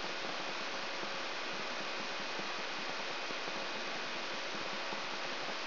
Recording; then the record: brain microelectrode recording played as sound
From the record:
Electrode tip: outside the subthalamic nucleus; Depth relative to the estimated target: -8 mm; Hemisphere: left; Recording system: AlphaMap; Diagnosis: Parkinson's disease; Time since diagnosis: 23 years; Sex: male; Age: 65 years